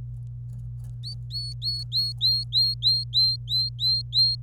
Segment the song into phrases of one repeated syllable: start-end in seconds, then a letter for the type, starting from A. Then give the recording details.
1.03-4.35 A. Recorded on 26 April 2018 at 08:22. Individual llb3